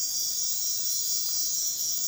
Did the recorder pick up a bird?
no